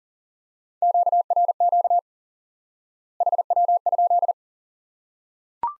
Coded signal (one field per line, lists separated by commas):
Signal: Morse code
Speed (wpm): 40 wpm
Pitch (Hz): 700 Hz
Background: none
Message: QRQ HW?